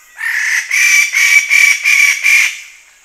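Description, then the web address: Wallace's standardwing giving a harsh, nasal call series: several loud, buzzy notes in quick succession, each rich in overtones, fading at the end. Recorded on Halmahera; the sound is identified as song. "wallaces-standardwing-song-halmahera-051006"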